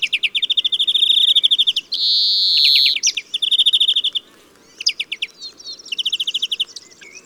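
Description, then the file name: European greenfinch song: bright rolling trills broken by a long, flat, wheezing buzz, then more trill bursts after a brief gap; little else audible. "Chloris chloris"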